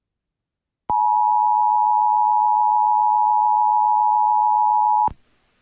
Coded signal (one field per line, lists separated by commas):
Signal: Emergency Alert System (SAME) tones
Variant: 853 and 960 Hz attention tone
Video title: [EAS #2011-#2017] The Final Set of Tests of 2022 (12/27/22 - 12/31/22)